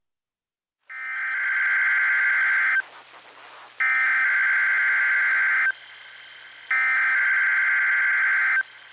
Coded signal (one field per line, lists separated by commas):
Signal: Emergency Alert System (SAME) tones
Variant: header bursts